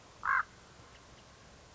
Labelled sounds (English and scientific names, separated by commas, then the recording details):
Common Raven (Corvus corax)
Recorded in Sonoma County, California